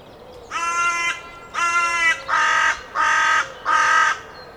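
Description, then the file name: Carrion crow cawing five times, the first two clearer and more tonal, the last three rougher and in quicker succession. "Corvus corone"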